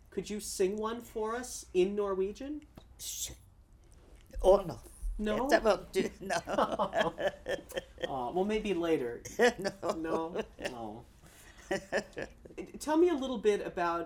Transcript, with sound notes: Could you sing one for us in Norwegian?
Oh, no.
No? ( they laugh ) Oh. Well, maybe later. No? Oh. Tell me a little bit about